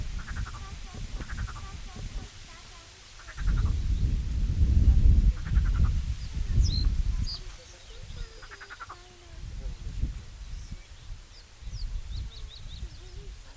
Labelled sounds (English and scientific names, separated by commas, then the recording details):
Marsh Frog (Pelophylax ridibundus) call
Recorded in the wild
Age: adult
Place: Köppchensee (Fließtal), NSG Fließtal, Berlin, DE
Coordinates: 52.6231, 13.3747
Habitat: pond
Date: 1996-07-14 12:20
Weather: fair, 22°C, gusty wind
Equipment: Sony MD-WM MZ-R3, Sennheiser MKH 416 T, Kopie Uher 4000 Report Monitor
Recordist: Tembrock, Günter